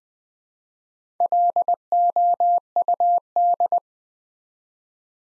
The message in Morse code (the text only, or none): LOUD